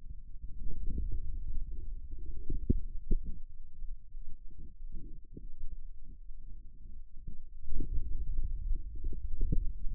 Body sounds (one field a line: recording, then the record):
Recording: forearm muscle sounds (acoustic myography)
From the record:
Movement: inward rotation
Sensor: system 2, bracelet of six BSWA MPA416 microphones around the upper forearm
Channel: 2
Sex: male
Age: 22 years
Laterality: right